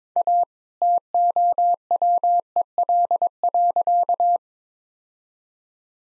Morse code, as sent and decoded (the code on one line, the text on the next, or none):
.- / - --- .-- . .-.. .-.-.-
A TOWEL.